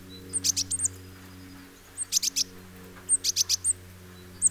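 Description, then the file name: Great tit giving three bursts of sharp, very high ticking notes with hooked whistles, over a constant low hum. "Parus major"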